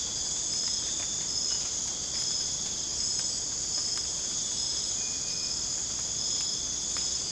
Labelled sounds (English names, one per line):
none